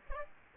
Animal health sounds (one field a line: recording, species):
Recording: mosquito wingbeat signal from an infrared sensor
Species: Aedes aegypti